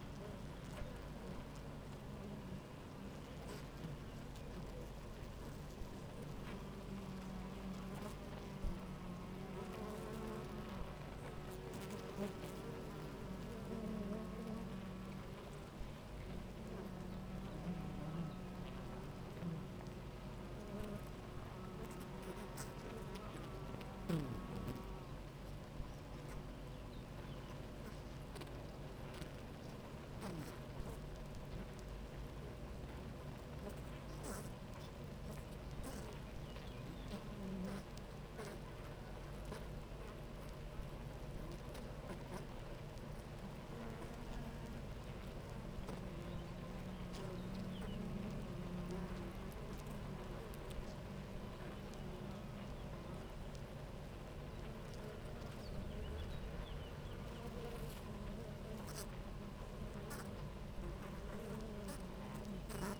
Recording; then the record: honeybee colony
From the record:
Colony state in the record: active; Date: 28 July 2017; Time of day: 9:35